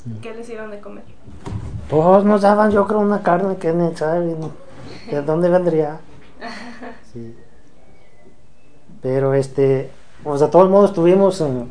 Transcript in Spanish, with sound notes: ¿Qué les dieron de comer?
Pos nos daban, yo creo una carne que ni sabe de dónde vendría. (risas) Sí. Pero, este, pos de todos modos estuvimos,